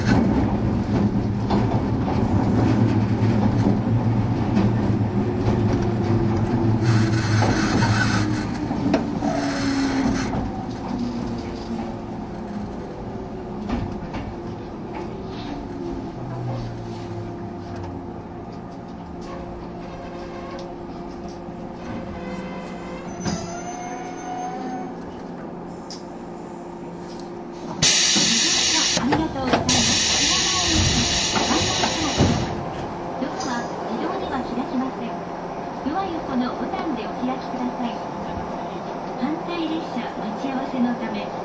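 A train on the Bantan Line runs with a steady low rumble and droning motor tones that slowly shift in pitch, easing off in the middle. Around 28 and 30 seconds, bright hissing bursts break in, and the ride grows louder and rougher through the end.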